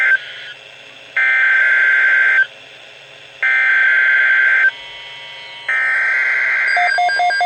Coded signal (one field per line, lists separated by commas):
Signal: Emergency Alert System (SAME) tones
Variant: header bursts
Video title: [2x HEADER; FAIL!] 2 High Wind Warnings! (One sent as a HWA) - 03/12/2020 (EAS #331-332)